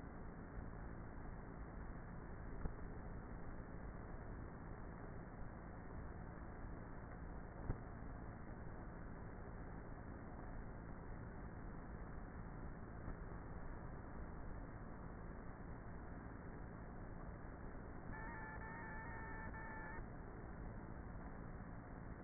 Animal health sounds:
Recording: honeybee colony, microphone inside the hive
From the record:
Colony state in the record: queenless with a low population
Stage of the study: before two queens were removed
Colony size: about 30,000 bees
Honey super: no

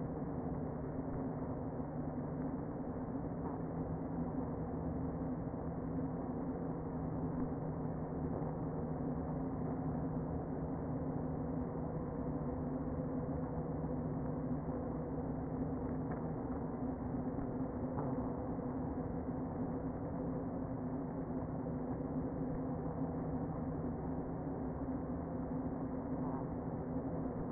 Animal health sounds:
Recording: honeybee colony, microphone inside the hive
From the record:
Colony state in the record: queen present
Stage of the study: before two queens were removed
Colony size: about 60,000 bees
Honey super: yes

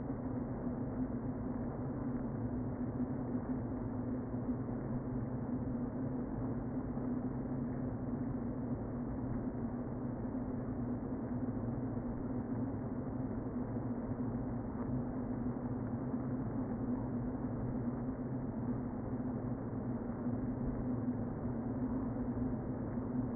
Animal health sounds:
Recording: honeybee colony, microphone inside the hive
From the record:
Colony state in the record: queen present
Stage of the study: before two queens were removed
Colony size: about 60,000 bees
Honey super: yes

